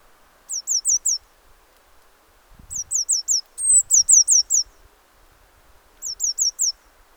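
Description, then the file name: Eurasian blue tit repeating short series of high, falling notes, with soft low knocks in the background. "Cyanistes caeruleus"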